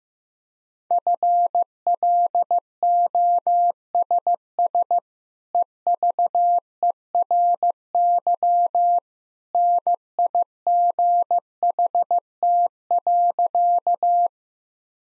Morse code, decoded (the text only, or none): FLOSS EVERY NIGHT.